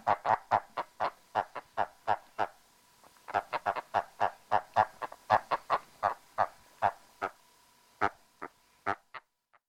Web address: halak keteltuek b ka-Erdei b ka